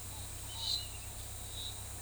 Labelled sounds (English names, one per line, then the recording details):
Scaled Dove
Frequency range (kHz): Scaled Dove 0.6-1.1 kHz
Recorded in forest near Pivijay, Magdalena, Colombia, on 14 April 2023 at 10:00
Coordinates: 10.467, -74.380
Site Z5-G034